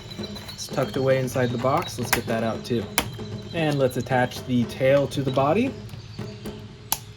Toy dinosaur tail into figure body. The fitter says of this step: clicks right in there we go